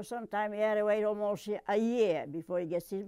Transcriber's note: none